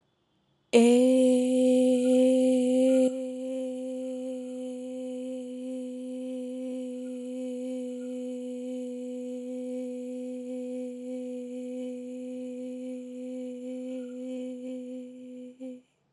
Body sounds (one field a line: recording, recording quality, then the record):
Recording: sustained vowel as in made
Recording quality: excellent, no background noise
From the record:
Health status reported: COVID-19 positive, mild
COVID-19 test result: positive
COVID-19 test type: RT-PCR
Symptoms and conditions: cough, cold, fever, muscle pain, diarrhoea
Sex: female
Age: 28 years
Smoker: no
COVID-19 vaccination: both doses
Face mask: not worn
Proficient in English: yes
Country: India